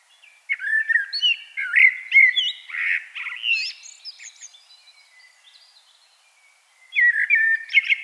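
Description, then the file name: Common blackbird giving a fluty warbled phrase that trails off into soft high twitters, followed after a short silence by another whistled phrase. "Turdus merula"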